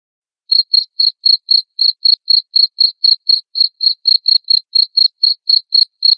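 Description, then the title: Cricket chirps begin after a brief silence, then keep a steady even rhythm of about four high, clean pulses per second. Loud cricket chirping (ngerik) played to make lovebirds keep singing (ngekek). "Suara JANGKRIK NGERIK Keras Bikin LOVEBIRD Jadi NGEKEK Terus Vubey"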